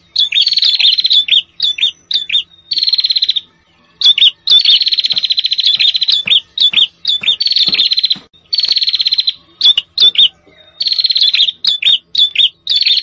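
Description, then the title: Prinia giving fast, high rattling trills and clipped chirps in near-continuous bursts, separated by short silent gaps. Noisy, agitated prenjak calls used as a lure for trapping prenjak, including red-headed prenjak and visiting prenjak. "Suara Prenjak Ribut"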